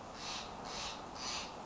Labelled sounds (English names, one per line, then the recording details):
Steller's Jay
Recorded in Sonoma County, California